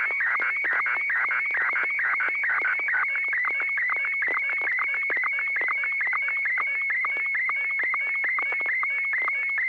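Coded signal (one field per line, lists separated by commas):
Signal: SSTV (slow-scan television)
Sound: warbling, chirpy tone sweeping up and down, with rapid regular clicks underneath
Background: low hum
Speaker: well I'm not sure what happened there because it looked I thought we were in the middle of a conversation and and hadn't gotten the request to to send the next picture yet yet another picture appeared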